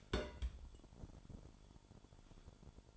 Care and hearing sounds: daily activity, microphone in the room; place on stove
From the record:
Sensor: 5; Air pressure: 1008.2 hPa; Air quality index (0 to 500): 126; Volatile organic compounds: 1 ppm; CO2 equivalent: 966 ppm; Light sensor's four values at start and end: 28/61/26/26 and 28/62/26/26

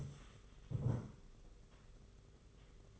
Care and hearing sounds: daily activity, microphone in the room; stand up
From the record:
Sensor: 4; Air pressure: 991.3 hPa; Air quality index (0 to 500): 136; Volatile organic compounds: 53 ppm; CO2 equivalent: 3335 ppm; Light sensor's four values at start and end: 25/80/30/31 and 25/80/30/31

